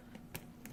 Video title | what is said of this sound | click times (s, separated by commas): Logic Pulse Input Board | these nice little circuit switches sugar-boy switches oh snap into place they have the little little hooks on there their feet so they stay nicely in place while we solder | 0.4 s, 0.7 s